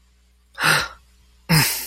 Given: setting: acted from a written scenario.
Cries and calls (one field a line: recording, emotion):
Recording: vocal sound without words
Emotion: anger